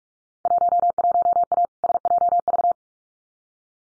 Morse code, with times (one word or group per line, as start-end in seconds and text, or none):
0.5-1.7 11A
1.8-2.7 SJV